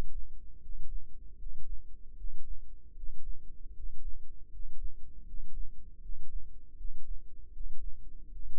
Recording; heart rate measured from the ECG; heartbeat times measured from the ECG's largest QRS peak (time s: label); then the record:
heart sounds by microphone in the left ear; 78 bpm
0.59 s: heartbeat
1.37 s: heartbeat
2.15 s: heartbeat
2.94 s: heartbeat
3.73 s: heartbeat
4.49 s: heartbeat
5.24 s: heartbeat
6.00 s: heartbeat
6.75 s: heartbeat
7.51 s: heartbeat
8.29 s: heartbeat
From the record:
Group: healthy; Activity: rest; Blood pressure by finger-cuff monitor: 95/64 mmHg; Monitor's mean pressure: 71 mmHg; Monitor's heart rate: 78 bpm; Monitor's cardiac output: 6.3 L/min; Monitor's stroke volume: 80 mL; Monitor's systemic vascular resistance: 810 dyn s/cm5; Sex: male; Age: 35 years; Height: 180 cm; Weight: 86.9 kg